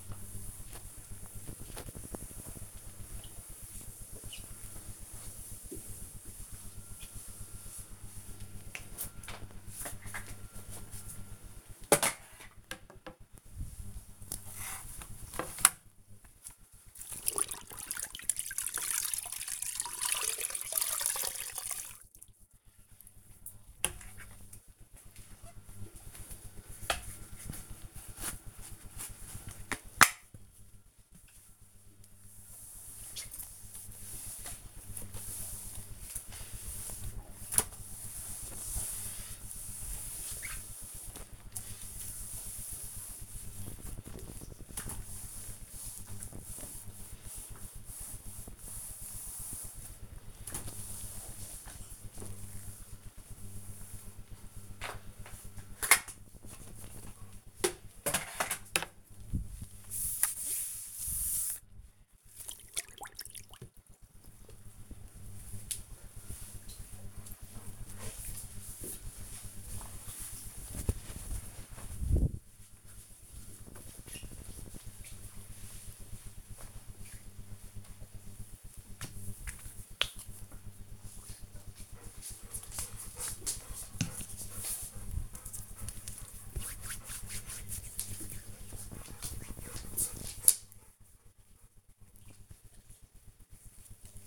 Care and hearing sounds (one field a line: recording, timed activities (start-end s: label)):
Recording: household activities, microphone on the right wrist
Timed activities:
0.00-63.73 s: floor cleaning
77.83-94.27 s: cream hands